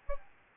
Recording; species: mosquito wingbeat signal from an infrared sensor; Aedes albopictus